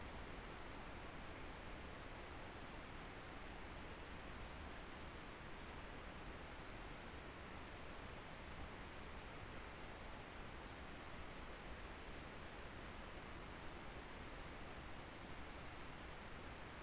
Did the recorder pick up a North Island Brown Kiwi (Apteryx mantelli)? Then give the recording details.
no. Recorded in New Zealand on 19 October 2013. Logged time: 01:58. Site CR37